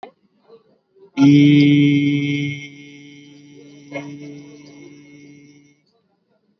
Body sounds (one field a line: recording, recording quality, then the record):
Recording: sustained vowel as in beet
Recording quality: excellent, no background noise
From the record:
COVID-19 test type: RT-PCR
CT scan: not taken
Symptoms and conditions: none ticked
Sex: male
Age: 22 years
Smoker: no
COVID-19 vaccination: both doses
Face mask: worn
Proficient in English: yes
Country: India